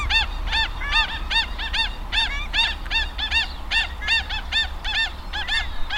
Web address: paradise shelduck. صدای-پرنده-تنجه-بهشتی